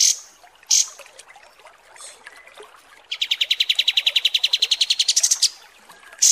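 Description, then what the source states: Kapas tembak song: scattered sharp high notes, then a long, fast trill of repeated notes lasting over two seconds, and more sharp notes after it. Masteran song used for training birds; 'mewah' (luxurious) kapas tembak.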